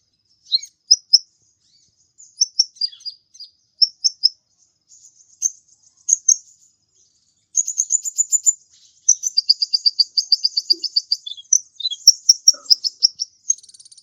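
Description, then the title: Mixed birds chirp in short scattered notes at first, then break into long, fast, high trilling runs that overlap one another. "Burung Campur4"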